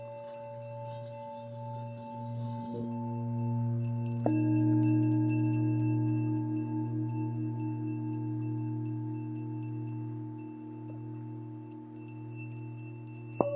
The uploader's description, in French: bols tibétains